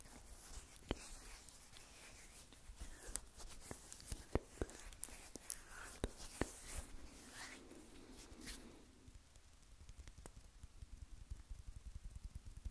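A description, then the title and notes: Hand sounds of rubbing and rustling, with dense dry scratchy friction, sharp clicks and taps scattered throughout, quieting and thinning after about nine seconds. Hand Sounds That Will Roll To The Back Of Your Head.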